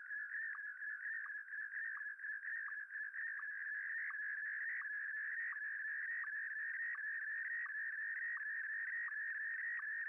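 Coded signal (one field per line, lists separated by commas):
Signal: SSTV (slow-scan television)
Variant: PD120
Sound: continuous warbling whistle around 1.8 kHz with short low blips about every 0.7 seconds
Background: faint radio hiss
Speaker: and here you can see the iss signal coming up and the picture slowly developing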